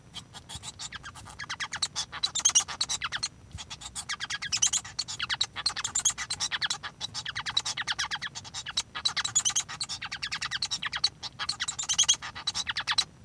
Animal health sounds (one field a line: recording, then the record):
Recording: song of a male Bengalese finch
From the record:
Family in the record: son of father 1